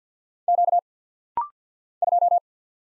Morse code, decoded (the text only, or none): Q 2